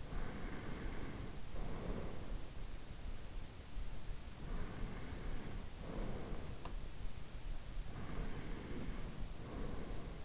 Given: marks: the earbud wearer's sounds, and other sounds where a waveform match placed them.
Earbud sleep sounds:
sounds in sleep by an in-ear microphone; breath
0.00-2.76 s: breath
4.21-6.58 s: breath
7.80-10.25 s: breath

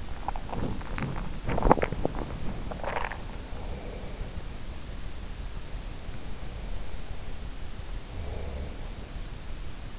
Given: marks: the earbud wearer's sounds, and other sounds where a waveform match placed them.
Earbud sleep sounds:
sounds in sleep by an in-ear microphone; teeth grinding
0.00-3.34 s: teeth grinding

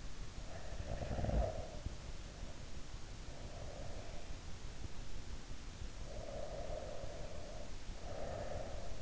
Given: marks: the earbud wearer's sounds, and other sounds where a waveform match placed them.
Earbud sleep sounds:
sounds in sleep by an in-ear microphone; snoring breath, breath
0.58-4.35 s: snoring breath
5.78-9.02 s: breath

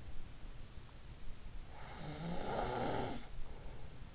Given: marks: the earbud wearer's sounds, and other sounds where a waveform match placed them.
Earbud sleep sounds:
sounds in sleep by an in-ear microphone; snoring breath
1.71-4.15 s: snoring breath

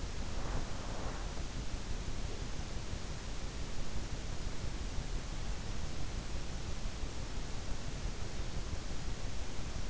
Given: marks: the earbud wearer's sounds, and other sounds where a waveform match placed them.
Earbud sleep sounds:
sounds in sleep by an in-ear microphone; breath
0.00-1.52 s: breath

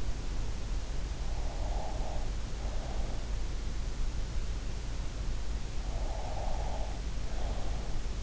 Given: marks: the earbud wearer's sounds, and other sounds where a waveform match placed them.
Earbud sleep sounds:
sounds in sleep by an in-ear microphone; breath
1.35-3.46 s: breath
5.81-8.23 s: breath

